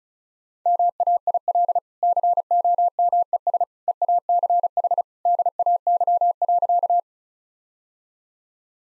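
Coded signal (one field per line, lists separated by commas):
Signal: Morse code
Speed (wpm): 36 wpm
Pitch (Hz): 700 Hz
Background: none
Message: MAIL COMES EACH DAY.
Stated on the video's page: Morse practice sentences at 35 wpm with contextual hints, sent as a copying drill.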